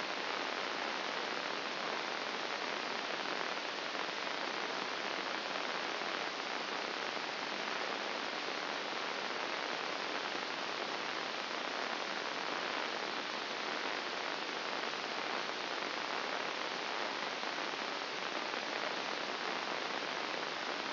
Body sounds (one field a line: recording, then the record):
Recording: brain microelectrode recording played as sound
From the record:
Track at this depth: inside the subthalamic nucleus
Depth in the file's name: 2.704 mm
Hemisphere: left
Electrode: 2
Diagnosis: Parkinson's disease